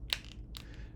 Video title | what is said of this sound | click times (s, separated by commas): Dental Implants! (an introduction) with Dave King, DDS | and so these guys are oriented and they snap in place | 0.1 s